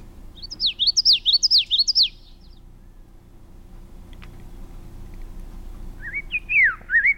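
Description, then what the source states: Common Yellowthroat song at normal pace, rapid high rolling phrases, followed after a pause by the same phrases played lower, looping up and down. Four-phrase song likened to 'witchety, witchety, witchety, witchety'; played at regular speed, then slowed down, then slowed down even more to show the notes rising and sweeping up and down.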